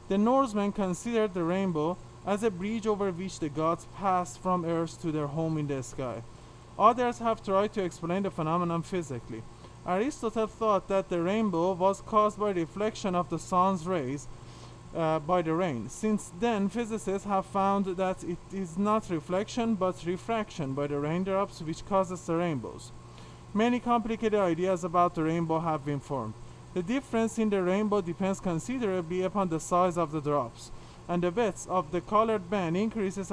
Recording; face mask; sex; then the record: reading aloud; surgical mask; male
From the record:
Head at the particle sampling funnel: tilted down, bridge of the nose in front of it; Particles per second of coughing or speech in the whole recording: 2.92